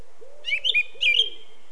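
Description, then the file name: Eurasian blackcap singing two brief scratchy warbled bursts while a soft, low, drawn-out note sounds beneath them. "Sylvia atricapilla"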